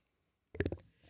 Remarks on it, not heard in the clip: My tummy's growling. Let me move the mic down to my stomach. It just does that from time to time. And when I breathe, like expand my lungs, that's when you get growl.